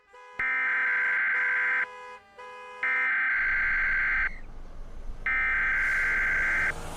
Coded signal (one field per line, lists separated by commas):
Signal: Emergency Alert System (SAME) tones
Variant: header bursts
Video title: Murder Drones EAS Scenario (REALLY OLD VERSION)